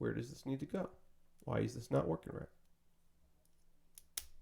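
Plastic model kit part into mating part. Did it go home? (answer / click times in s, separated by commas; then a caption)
yes / 4.0 s, 4.2 s. A plastic model kit part is pushed into its mating part after a struggle to connect them, while someone talks during the first half. Two sharp snaps at 4.0 s and 4.2 s mark the parts seating together with a snap, not a crack.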